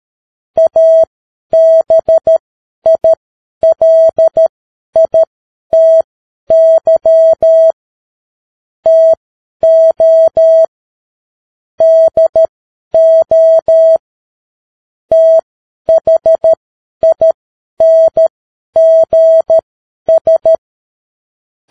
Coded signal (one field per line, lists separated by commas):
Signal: Morse code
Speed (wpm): 13 wpm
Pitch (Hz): 650 Hz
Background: none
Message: ABILITY TO DO THINGS